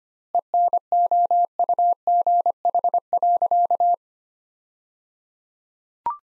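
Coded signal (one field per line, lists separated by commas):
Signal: Morse code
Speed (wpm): 25 wpm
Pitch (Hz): 700 Hz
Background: none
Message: ENOUGH.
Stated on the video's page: Morse practice sentences built from the 400 most common words at 25 wpm with 3x standard word spacing, a word-level analogue of Farnsworth spacing.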